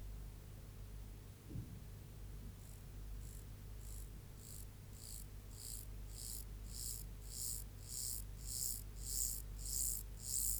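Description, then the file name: Mottled grasshopper song building from faint to loud: a series of roughly fourteen short, scratchy buzzes. "Myrmeleotettix maculatus"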